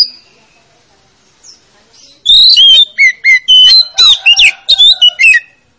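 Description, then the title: Oriental magpie-robin song: after a quiet start, a fast loud string of varied whistles, slurs and sharp chips runs to the end. Lure to make a reluctant magpie-robin that is slow to sing start singing. "Pancingan Kacer Yg Malas Bunyi"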